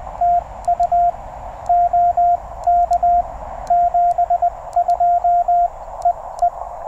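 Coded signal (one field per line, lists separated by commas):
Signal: Morse code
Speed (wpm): 12 wpm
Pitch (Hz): 710 Hz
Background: radio noise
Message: TU OK 72 EE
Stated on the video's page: QRP CW parks-on-the-air activation from a TR-35 in the evening, on multiple bands.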